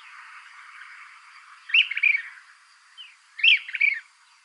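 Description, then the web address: Brown-crested Flycatcher gives two harsh, rolling call phrases with a short soft note between. Ecuador. "Natures Songs S America Birds of Ecuador. Brown-Crested Flycatcher"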